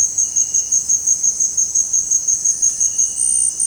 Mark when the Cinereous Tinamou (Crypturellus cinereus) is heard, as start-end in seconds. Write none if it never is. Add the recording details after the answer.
2.23-3.04. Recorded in dense forest near Puerto Asís, Putumayo, Colombia, on 23 June 2025 at 18:00. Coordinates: 0.486, -76.317. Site G065